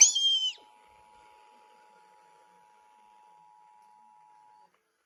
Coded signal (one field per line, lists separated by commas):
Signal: Emergency Alert System (SAME) tones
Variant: 853 and 960 Hz attention tone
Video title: Georgia September RMT (EAS #426-436)